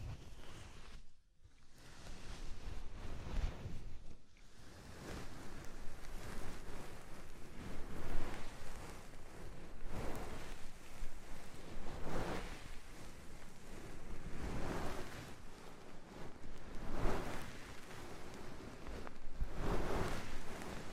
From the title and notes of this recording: ASMR Oil, Foam and Tingly Ear Massage for Stress Relief (No Talking).